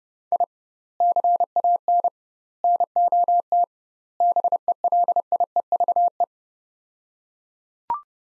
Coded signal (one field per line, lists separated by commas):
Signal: Morse code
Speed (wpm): 32 wpm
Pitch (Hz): 700 Hz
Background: none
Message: I CAN NOT BELIEVE